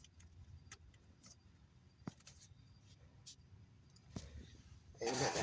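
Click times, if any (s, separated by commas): none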